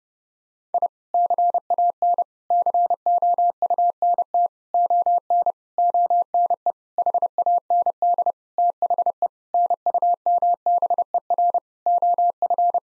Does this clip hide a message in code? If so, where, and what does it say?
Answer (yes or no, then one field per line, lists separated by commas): yes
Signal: Morse code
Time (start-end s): 0.7-12.8 s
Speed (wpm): 30 wpm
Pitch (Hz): 700 Hz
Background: none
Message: I CAN COUNT ON ONE HAND THE NUMBER OF